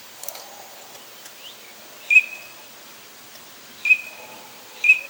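Bird uttering three crisp, whistled call notes with short trailing tails, spaced one to two seconds apart.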